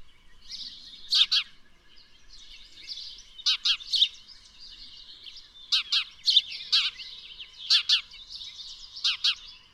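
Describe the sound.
Bird chirps: sparse groups of two or three sharp, high notes, spaced a couple of seconds apart, over a soft background twitter.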